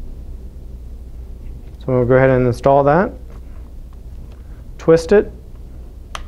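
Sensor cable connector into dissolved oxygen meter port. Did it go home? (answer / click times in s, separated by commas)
yes / 6.2 s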